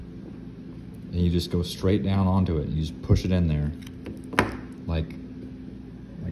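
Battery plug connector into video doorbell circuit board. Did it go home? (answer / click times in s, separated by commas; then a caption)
yes / 4.4 s. A replacement battery's plug connector, lined up by its side tabs, is pushed straight down onto the circuit board of a first-generation Ring video doorbell while someone talks. A sharp click at 4.4 s marks the connector seating onto the board.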